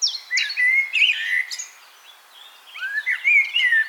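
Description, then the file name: Common blackbird calls: two bursts of excited, chirping notes, with short rising and falling slurs, separated by a quiet pause of about one second. "Turdus merula"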